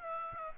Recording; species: mosquito wingbeat signal from an infrared sensor; Aedes aegypti